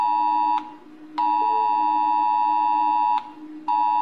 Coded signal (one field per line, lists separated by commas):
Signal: Emergency Alert System (SAME) tones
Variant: 853 and 960 Hz attention tone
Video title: Rating EAS alarms part 4!